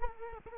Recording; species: mosquito wingbeat signal from an infrared sensor; Culex quinquefasciatus